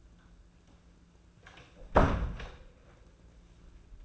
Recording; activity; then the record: daily activity, microphone in the room; close door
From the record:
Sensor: 2